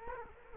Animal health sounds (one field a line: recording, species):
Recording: mosquito wingbeat signal from an infrared sensor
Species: Culex quinquefasciatus